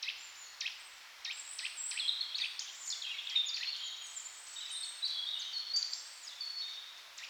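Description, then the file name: Bird song of many high chirps, trills and whistled notes overlapping continuously, probably several birds singing together against a faint background hiss. "melodiez vogels"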